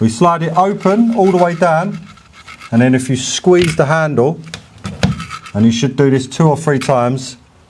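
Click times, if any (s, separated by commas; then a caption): none. Someone talks while squeezing the handle of a hand rivet gun to set a white blind rivet through a window frame into an aluminium garden room panel. Brief sharp handling sounds come at about 4.9 and 5.0 seconds. The rivet is still being handled and nothing has seated or clicked yet.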